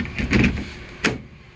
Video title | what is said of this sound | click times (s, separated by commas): 3D printed DeWalt Battery Holders | can hear the click just keep going | 0.3 s